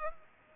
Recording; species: mosquito wingbeat signal from an infrared sensor; Culex pipiens